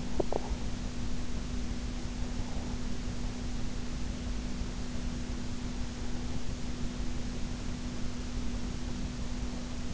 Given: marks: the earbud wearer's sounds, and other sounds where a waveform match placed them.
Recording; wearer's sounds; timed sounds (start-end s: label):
sounds in sleep by an in-ear microphone; swallowing
0.00-0.77 s: swallowing